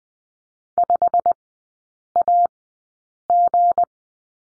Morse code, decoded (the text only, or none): 5AG